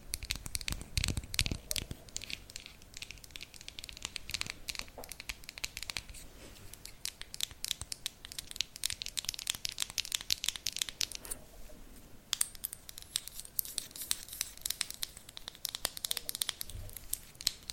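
Fast, steady tapping fills the recording, a dense run of crisp, bright clicks that never turns harsh, with a papery, crinkling edge. The taps thin out briefly around twelve seconds, and a soft low thump sounds near the start.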